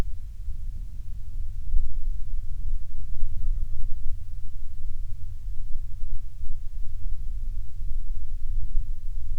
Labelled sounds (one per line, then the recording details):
songbird
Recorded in the Prudhoe Bay oil fields, Alaska, on 12 July 2019 at 02:02
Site 16